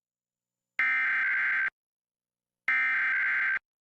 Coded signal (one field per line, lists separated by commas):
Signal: Emergency Alert System (SAME) tones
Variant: header bursts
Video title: [EAS #1476-#1488] A Day of Monthly Tests